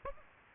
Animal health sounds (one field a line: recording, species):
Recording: mosquito wingbeat signal from an infrared sensor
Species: Aedes aegypti